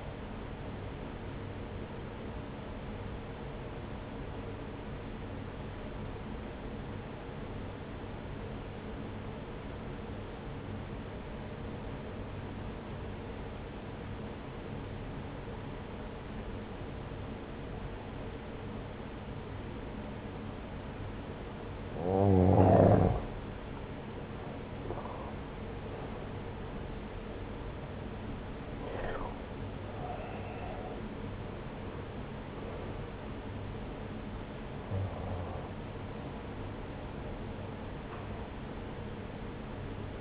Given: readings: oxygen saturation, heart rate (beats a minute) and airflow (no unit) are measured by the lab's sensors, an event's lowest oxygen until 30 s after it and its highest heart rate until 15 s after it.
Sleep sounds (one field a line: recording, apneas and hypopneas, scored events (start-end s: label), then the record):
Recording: breathing in sleep by a voice recorder at the bedside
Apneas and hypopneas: 1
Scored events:
2.00-32.00 s: new sleep stage, N2 (light sleep)
5.00-23.50 s: obstructive apnea (N2, oxygen 96% highest, then 85% lowest, heart rate 64 at the start, 78 highest)
32.00-40.21 s: new sleep stage, N1 (lightest sleep)
From the record:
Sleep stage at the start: N1 (lightest sleep)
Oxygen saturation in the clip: 84 to 96%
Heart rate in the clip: 62 to 78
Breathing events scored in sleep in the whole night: 303 in 8.1 hours asleep